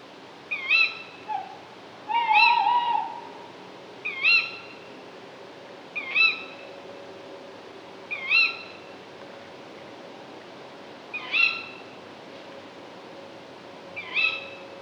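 Tawny owl calling: short harmonic notes with hooked, rising ends, repeated about every two to three seconds, plus one longer wavering note early on.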